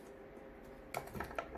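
The second DDR4 memory module is pushed into its DIMM slot on the motherboard, and the retention clips snap closed. After a quiet stretch, sharp clicks land at 0.9 s and 1.4 s, with smaller taps between and after them, and the memory is seated.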